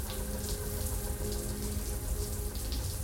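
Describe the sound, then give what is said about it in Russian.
Shower water, just turned on in a shower cubicle, runs in a steady, even hiss of spray, with a faint low hum beneath it and no voices, holding at a constant level throughout. “Он заходит в одну из кабинок, наклоняется через перегородку, чтобы включить воду.”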